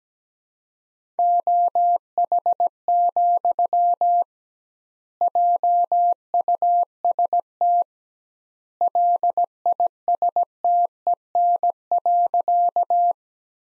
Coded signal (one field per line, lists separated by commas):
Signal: Morse code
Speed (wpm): 17 wpm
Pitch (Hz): 700 Hz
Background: none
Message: OH, JUST LISTEN.